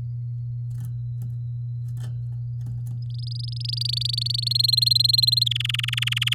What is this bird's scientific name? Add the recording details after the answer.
Serinus canaria. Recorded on 8 May 2018 at 12:45. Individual llb16